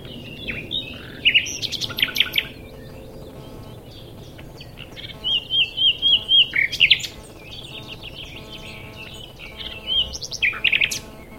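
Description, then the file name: Common nightingale song: short varied phrases, then a series of about six repeated looping whistles ending in a sharp note, and a later burst of varied notes, over steady background noise. "Luscinia megarhynchos"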